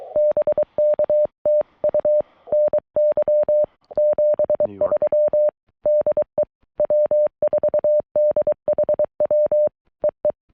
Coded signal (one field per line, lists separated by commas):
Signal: Morse code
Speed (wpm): 23 wpm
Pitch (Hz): 590 Hz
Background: none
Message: BK TU NY 73 DE W4DHW EE